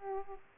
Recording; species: mosquito wingbeat signal from an infrared sensor; Aedes aegypti